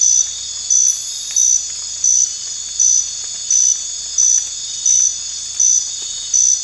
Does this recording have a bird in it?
no